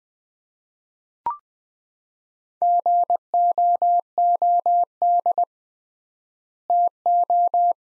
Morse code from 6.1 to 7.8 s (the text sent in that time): TO